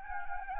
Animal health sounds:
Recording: mosquito wingbeat signal from an infrared sensor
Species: Anopheles gambiae

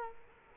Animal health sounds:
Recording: mosquito wingbeat signal from an infrared sensor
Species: Culex quinquefasciatus

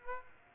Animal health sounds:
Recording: mosquito wingbeat signal from an infrared sensor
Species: Aedes aegypti

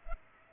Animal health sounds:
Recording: mosquito wingbeat signal from an infrared sensor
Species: Culex pipiens

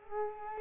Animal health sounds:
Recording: mosquito wingbeat signal from an infrared sensor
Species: Culex quinquefasciatus

